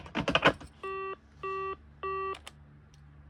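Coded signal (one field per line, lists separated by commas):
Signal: none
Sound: phone's hang-up beeps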